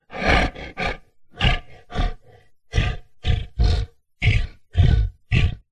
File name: zapsplat. big cat lion tiger breathy panting curious playful